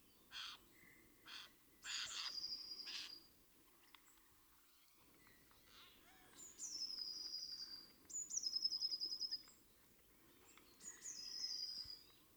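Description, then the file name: Eurasian blue tit: after harsh scratchy bursts early on, three high thin phrases, each opening with a sharp note and running into a quick trill. "Cyanistes caeruleus"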